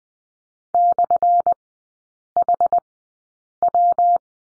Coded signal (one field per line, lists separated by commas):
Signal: Morse code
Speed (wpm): 20 wpm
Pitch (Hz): 700 Hz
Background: none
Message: /HW